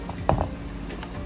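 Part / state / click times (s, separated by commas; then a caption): grease gun coupler onto driveshaft grease zerk fitting / seated / 0.3 s. A grease gun coupler is pushed onto the metal zerk grease fitting of a CDS 4 8SV driveshaft, clicking in sharply at 0.3 s with a smaller follow-up click at 0.4 s and a faint tick near 1.0 s. The coupler is seated and fully engaged, hard to remove from the fitting.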